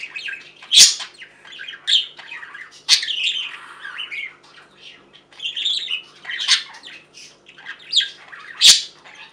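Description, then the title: Budgerigar chatter with scratchy warbles and several sharp clicking squawks. "Budgie Sounds"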